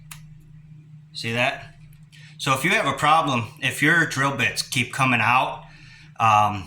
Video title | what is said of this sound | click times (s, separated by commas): Wood stove cleaning | click click and then you bring it back once | 0.1 s